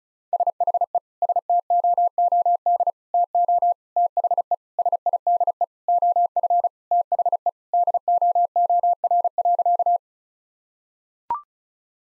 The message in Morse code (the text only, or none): SHE STOOD TO THE SIDE OF THE DOOR.